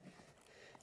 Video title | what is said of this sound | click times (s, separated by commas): Toyota RAV4 EV Restoration Project: Episode 1 | Yep, it's locked. | 0.8 s